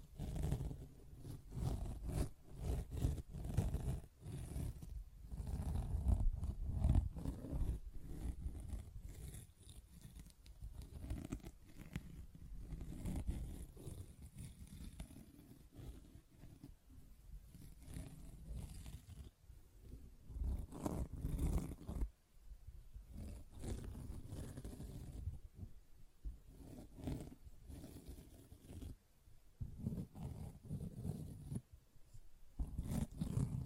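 Sponge being scratched and squished, a dense run of rough, low scraping strokes with brief pauses near 22 and 29 seconds.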